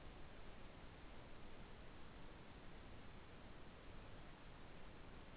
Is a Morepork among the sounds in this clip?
no